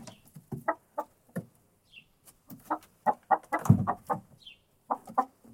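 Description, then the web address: Chicken clucking, irregular clucks with faint high chirps and a low thump. Hen in a henhouse. "monde des sons poule dans le poulailler"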